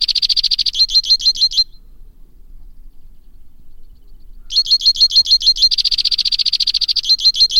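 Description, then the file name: White-winged crossbill song: crisp repeated trill phrases, fast notes alternating with slightly slower ones, a quiet pause, then a longer trill sequence. "suara kicauan burung white winged crossbill. omkicau"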